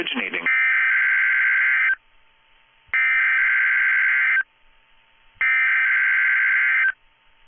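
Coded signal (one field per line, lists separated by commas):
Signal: Emergency Alert System (SAME) tones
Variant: header bursts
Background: speech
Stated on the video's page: NOAA weather radio required weekly test alerts.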